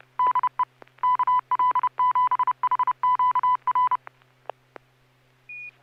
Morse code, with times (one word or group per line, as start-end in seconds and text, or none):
0.2-0.6 DE
1.0-4.0 KL7HQR